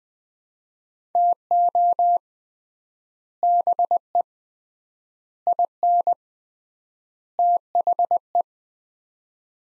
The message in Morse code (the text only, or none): TO BE IN THE